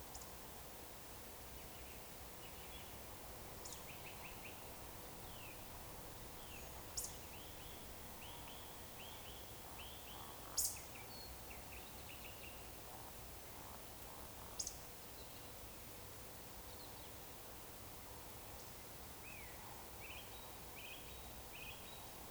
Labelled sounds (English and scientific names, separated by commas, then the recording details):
Eurasian Woodcock (Scolopax rusticola) whistle, Eurasian Woodcock (Scolopax rusticola) croak
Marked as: whistle, whistle, whistle, croak, whistle, croak, whistle, whistle, whistle
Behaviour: display flight
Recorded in Baden-Württemberg, Germany, on 13 June 2020 at 02:21 UTC
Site 43791, 788 m above sea level